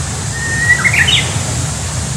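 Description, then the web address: Japanese bush warbler song: a held whistled note followed by a brief upward-jumping flourish, set against steady low-frequency background rumble. Recorded on 9 March 2019. "shonin uguisu 20190309 uguisu"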